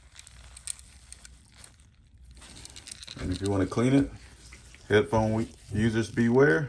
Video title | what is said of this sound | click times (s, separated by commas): How to replace 2012-2014 Toyota Camry Se Key Fob Battery | okay and just close it up until it snaps in place and | 0.7 s